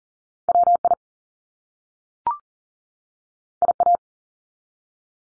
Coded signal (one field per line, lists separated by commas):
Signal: Morse code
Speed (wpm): 40 wpm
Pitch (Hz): 700 Hz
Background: none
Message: WI IA